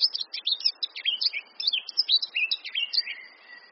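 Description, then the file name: Eurasian blackcap delivering a dense, rapid warble of mixed chattering and whistled notes, loud and continuous, tapering into a softer final whistle. "Sylvia atricapilla"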